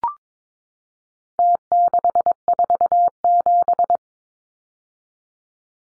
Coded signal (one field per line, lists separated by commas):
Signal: Morse code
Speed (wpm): 22 wpm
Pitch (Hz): 700 Hz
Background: none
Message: T647